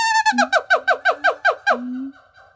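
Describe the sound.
Siamang call: a rapid series of loud, evenly spaced, harmonically rich falling notes, then trailing off.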